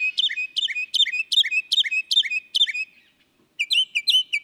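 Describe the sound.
Northern mockingbird repeating one sharp whistled phrase about eight times in quick succession, a brief pause, then switching to a new rapid repeated phrase.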